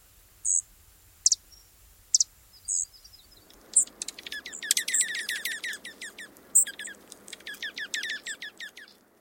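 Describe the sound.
Junco song: a few sharp, high chip notes, then a long series of high notes that runs for several seconds over soft background hiss.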